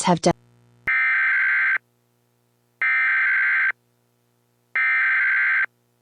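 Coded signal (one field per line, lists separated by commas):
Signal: Emergency Alert System (SAME) tones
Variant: header bursts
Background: speech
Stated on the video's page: Fictional simulated EAS scenario about radioactive zombies, part two.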